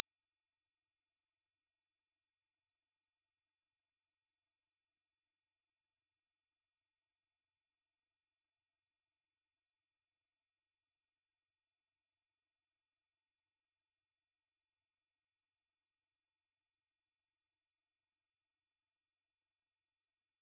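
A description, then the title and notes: A pure sine tone at 5601 Hz holds one high, piercing pitch for the full twenty seconds. It never wavers in pitch or loudness, with no breaks, clicks or background sounds, just a single clean whistle-like note. 5601 Hz 1 Hz Interval Sine Pure Tone Frequency 441000 Sample Mono.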